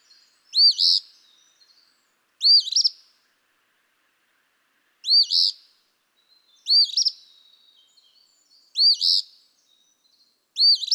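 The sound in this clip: Eastern phoebe repeating its burry two-part song six times, roughly every two seconds, with faint twittering between phrases.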